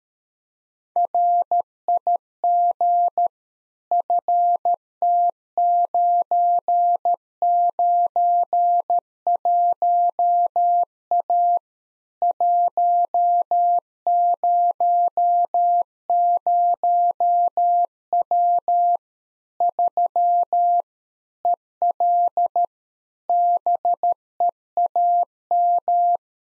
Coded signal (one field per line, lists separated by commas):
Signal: Morse code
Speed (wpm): 13 wpm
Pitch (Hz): 700 Hz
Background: none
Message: RIG FT991A 100W 3 EL BEAM